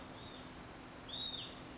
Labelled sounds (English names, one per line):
Hutton's Vireo